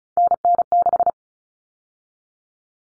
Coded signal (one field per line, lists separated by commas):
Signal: Morse code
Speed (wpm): 34 wpm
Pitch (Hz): 700 Hz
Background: none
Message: NN6